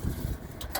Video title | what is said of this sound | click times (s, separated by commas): Virtual Walkthrough of 2022 Forest River Salem FSX Platinum 270RTKX Toy Hauler at Parkland RV Center | locks into place. | 0.6 s, 0.8 s